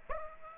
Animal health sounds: mosquito wingbeat signal from an infrared sensor; Aedes aegypti

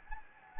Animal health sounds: mosquito wingbeat signal from an infrared sensor; Anopheles gambiae

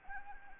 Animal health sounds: mosquito wingbeat signal from an infrared sensor; Anopheles gambiae

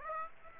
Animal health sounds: mosquito wingbeat signal from an infrared sensor; Aedes aegypti

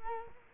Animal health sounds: mosquito wingbeat signal from an infrared sensor; Culex quinquefasciatus

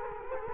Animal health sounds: mosquito wingbeat signal from an infrared sensor; Culex quinquefasciatus

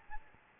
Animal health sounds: mosquito wingbeat signal from an infrared sensor; Aedes albopictus

